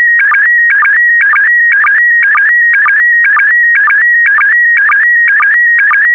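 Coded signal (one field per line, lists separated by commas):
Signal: SSTV (slow-scan television)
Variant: PD120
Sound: warbling tone near 2 kHz repeating about twice a second with short low chirps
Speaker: The next image transmission will start in 10 seconds.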